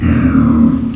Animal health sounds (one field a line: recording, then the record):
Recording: squeal of a Yucatan mini pig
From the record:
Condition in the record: after surgery on the right vocal fold (resection and tissue-engineered implant)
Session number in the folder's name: 11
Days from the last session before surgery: 98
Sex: female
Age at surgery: 19 weeks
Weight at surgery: 25 kg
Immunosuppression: prednisolone